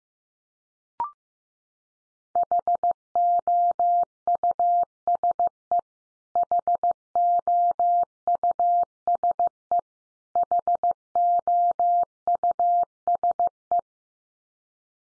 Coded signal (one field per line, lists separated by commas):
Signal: Morse code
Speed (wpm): 15 wpm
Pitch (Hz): 700 Hz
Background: none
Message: HOUSE HOUSE HOUSE